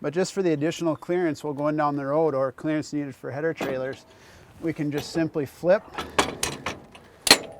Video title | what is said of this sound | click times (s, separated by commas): May Wes QD2 Toolbar Mount Installation | and lock into place | 7.3 s